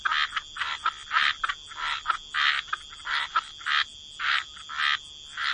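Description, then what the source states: Frogs giving rasping croaks in separate bursts, with a steady high tone underneath. Frog chorus.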